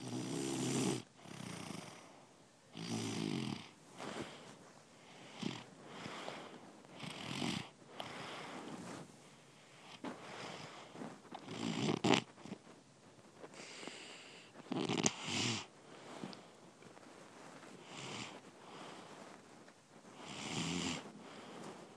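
Rough, rattling snores from an adult sleeper recur every few seconds, some with a low buzzing pitch and others breathier, separated by quieter breathing. This is ordinary snoring from vibration of the upper airway during sleep.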